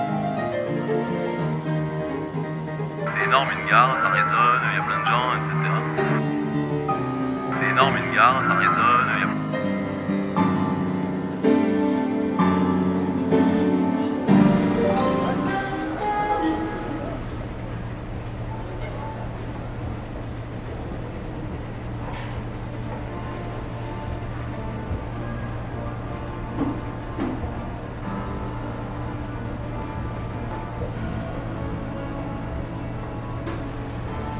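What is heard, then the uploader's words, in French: A station piano plays sustained chords for about fifteen seconds, with two short bright ringing flurries near the fourth and eighth seconds. The music then stops, leaving a steady low hum, murmuring voices and occasional clatter. Pianos de gares et musiciens de passages. Il y a ceux qui frappent, ceux qui jouent, ceux qui s'exercent, ceux qui cherchent le do et ceux qui font de l'esbroufe. De la musique classique au « genre c'est du jazz » en passant par des sons non identifiés. Prise de sons : Rémy et Maé.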